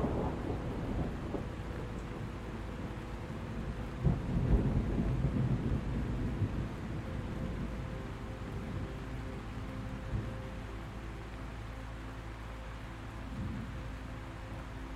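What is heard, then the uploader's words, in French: Thunder rumbles low and deep over a steady hiss of rain. A heavier roll swells around the fourth second and lingers for a couple of seconds, then fades back into a dense, even wash of falling rain with faint rumbling. Le grondement du tonnerre.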